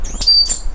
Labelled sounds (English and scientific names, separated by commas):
Stitchbird (Notiomystis cincta) song